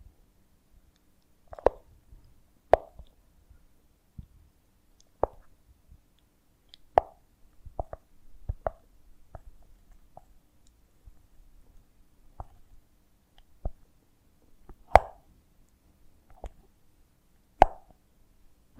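Honeycomb on a branch gives sharp, wet plops and clicks at irregular intervals, about one every second, over near silence with faint rustles.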